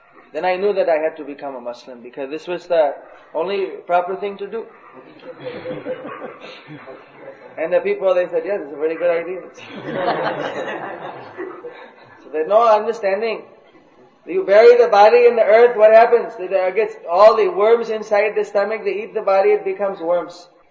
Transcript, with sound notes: Then I knew that I had to become a muslim because this was the only proper thing to do., (laughter) and the people they said this is a very good idea. (laughter) So there is no understanding, that you bury the body in the earth, what happens, they get all the worms inside the stomach, they eat the body, it becomes worms.